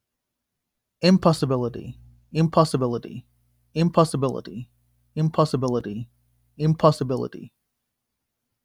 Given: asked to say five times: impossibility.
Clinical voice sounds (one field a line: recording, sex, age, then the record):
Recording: repeated word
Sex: male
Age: 20 to 29 years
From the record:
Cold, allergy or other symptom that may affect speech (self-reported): no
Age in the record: 24 years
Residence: North Carolina, United States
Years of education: 18